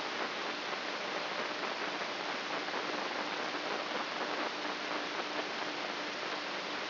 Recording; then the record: brain microelectrode recording played as sound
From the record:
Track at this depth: inside the subthalamic nucleus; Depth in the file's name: 5.283 mm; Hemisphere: left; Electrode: 3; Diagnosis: Parkinson's disease